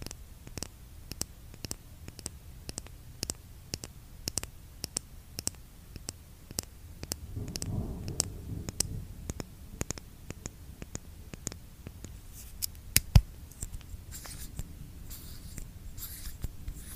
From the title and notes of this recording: Asmr lipgloss tapping.